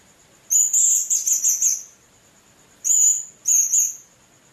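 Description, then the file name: Blue-crowned hanging parrot delivering a fast, trilling series of high squeaky notes, then two shorter sharp chirps, a steady high whine running underneath. "serindit"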